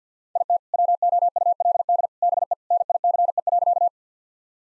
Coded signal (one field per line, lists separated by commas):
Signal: Morse code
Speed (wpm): 49 wpm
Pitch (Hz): 700 Hz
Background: none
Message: IT WOULD BE NICE.